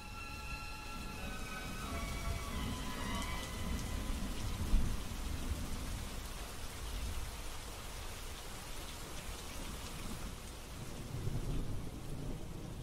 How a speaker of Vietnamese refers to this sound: Trời đã bắt đầu thả những hạt mưa nặng nề.